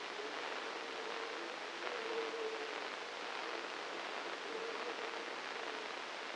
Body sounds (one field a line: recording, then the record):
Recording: brain microelectrode recording played as sound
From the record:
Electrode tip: inside the subthalamic nucleus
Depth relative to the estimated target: 1 mm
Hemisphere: left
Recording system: NeuroSet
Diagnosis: Parkinson's disease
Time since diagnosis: 9 years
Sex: male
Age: 56 years